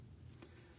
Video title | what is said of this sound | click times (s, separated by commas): Beginner Cactus Crochet Pattern -- Full Step-By-Step Amigurumi Tutorial | so that's the first eye locked into place let's do the second eye here | 0.3 s, 0.4 s